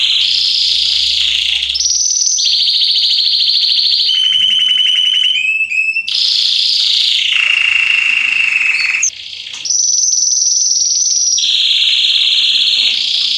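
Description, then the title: Belgian canary song: long rapid trills and rolls shifting between high and lower pitches, with brief pauses and steady tone changes every second or two. Male Belgian canary singing a lot, used to warm up young canaries. "Esquente Seu Filhote E Canario Belga Em 30 Minutos Macho Cantando Muito. Esquente seu canrio belga em 30 minutos - Canrio Belga estourado"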